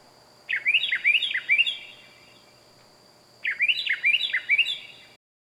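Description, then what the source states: Bird calls in two bursts of quick descending chirps, several notes each, a couple of seconds apart, with a constant high-pitched tone and soft background hiss. Loud bird calling at night, wild.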